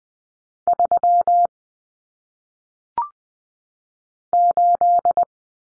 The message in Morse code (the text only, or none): 3 8